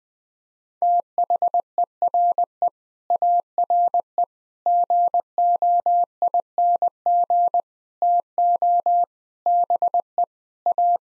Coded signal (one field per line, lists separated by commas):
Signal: Morse code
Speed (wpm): 20 wpm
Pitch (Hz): 700 Hz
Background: none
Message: THERE ARE GOING TO BE A